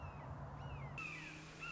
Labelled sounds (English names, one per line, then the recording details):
Red-shouldered Hawk
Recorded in Sonoma County, California